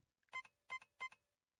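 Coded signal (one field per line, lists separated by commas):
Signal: none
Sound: music box melody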